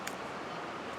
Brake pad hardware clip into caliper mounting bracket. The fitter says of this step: we're gonna push it down until it snaps in where it belongs just like that